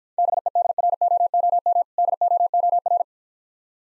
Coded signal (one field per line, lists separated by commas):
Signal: Morse code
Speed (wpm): 52 wpm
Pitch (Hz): 700 Hz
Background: none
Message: BEDROOM DOOR